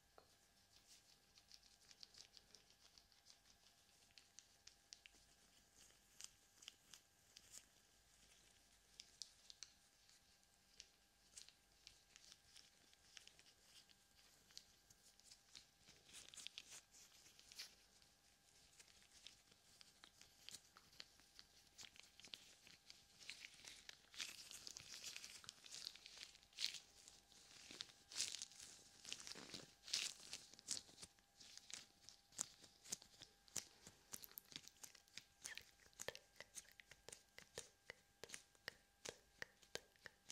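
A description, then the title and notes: Gloved hands cup and rub over the ears, making dense, crinkly rustling and soft patting that runs the whole time with little pause. The sound is bright and scratchy, growing busier and louder from about fifteen seconds on, with a faint steady tone underneath throughout. ASMR Ear Cupping with Gloves.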